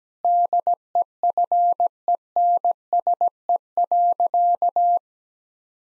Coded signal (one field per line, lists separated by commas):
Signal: Morse code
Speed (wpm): 17 wpm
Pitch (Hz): 700 Hz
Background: none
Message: DEFENSE.